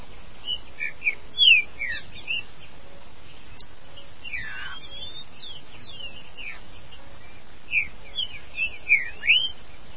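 Green-winged saltator song: phrases of clear whistled slurs, some falling and some rising, with a pause between.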